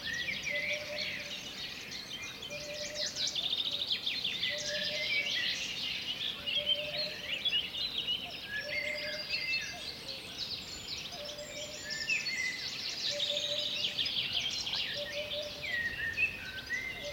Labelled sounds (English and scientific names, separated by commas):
Eurasian Hoopoe (Upupa epops) song